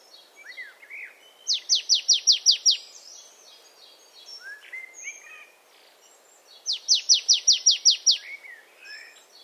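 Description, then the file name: Marsh tit: two rapid bursts of several sharp, high, descending notes, about five seconds apart, amid faint chirps and whistled notes. "Poecile palustris"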